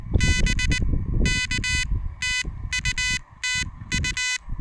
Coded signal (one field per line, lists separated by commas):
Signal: Morse code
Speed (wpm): 19 wpm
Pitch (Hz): 2500 Hz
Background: none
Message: BK TU TU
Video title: Chilly Pedestrian Mobile POTA Hunting at the QTH!